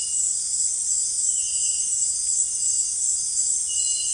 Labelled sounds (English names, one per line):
none